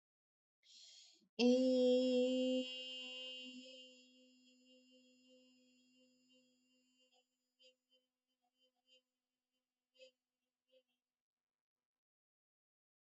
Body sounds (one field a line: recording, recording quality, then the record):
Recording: sustained vowel as in made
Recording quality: excellent, no background noise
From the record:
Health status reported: healthy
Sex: female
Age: 41 years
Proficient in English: yes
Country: India